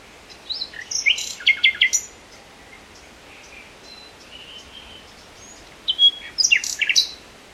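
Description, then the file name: Common nightingale song in two bursts of varied chirps and whistles separated by quiet pauses with a few faint thin notes. "Luscinia megarhynchos"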